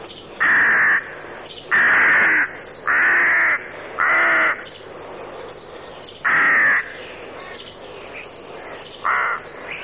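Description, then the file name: Rook cawing: loud, hoarse, drawn-out caws given in an irregular series, with fainter caws from other birds between them. "havran"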